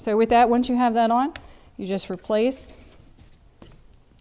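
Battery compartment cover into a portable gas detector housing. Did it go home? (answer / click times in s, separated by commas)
yes / 3.6 s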